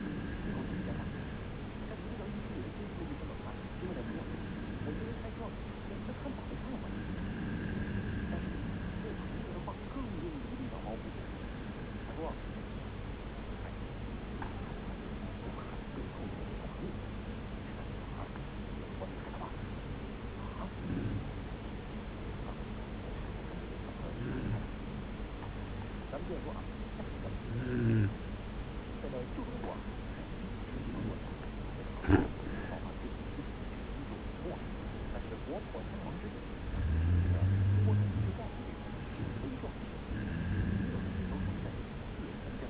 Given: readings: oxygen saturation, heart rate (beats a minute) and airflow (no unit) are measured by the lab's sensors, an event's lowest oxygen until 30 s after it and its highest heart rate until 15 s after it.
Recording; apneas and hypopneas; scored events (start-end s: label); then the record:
breathing in sleep by a voice recorder at the bedside; 1
8.00-32.80 s: hypopnea (N1, oxygen 96% highest, then 92% lowest)
8.00-42.70 s: new sleep stage, N2 (light sleep)
From the record:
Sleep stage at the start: N1 (lightest sleep); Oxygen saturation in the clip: 91 to 96%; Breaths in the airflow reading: 13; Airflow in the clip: -1.6 to 2.1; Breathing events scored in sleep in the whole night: 335 in 6.7 hours asleep